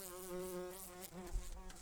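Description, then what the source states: Brown-banded carder bee buzzing: a steady, low, even hum with rich overtones for about a second, then a brief thud and a rougher buzz. Worker bumblebees.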